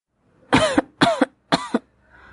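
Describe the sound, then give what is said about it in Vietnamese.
A woman coughs three times in quick, even succession in thick smoke, each burst loud, harsh and strained, then the sound trails off into a faint breathy hiss. “ho sặc sụa trong làn khói dày đặc.”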